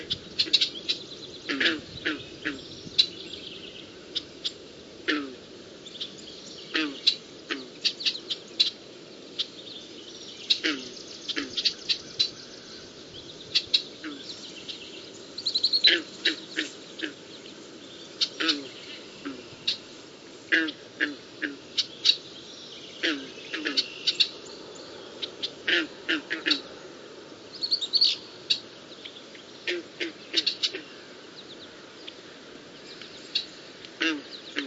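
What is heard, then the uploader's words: Blackbirds and frogs call from a marsh, short sharp chirps and croaks repeating every second or so across the whole stretch, some in quick bursts. A steady low hum and a faint bright hiss sit underneath. A nice, relaxing soundscape of blackbirds and frogs in the marsh at the bottom of my neighborhood. Frogs And Blackbirds.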